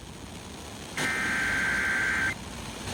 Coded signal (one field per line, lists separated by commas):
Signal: Emergency Alert System (SAME) tones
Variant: header bursts